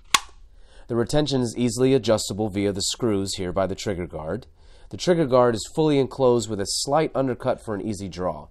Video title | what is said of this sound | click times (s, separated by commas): TOP 10 BEST GLOCK 19 HOLSTERS ON AMAZON 2021 | with a satisfying click | 0.1 s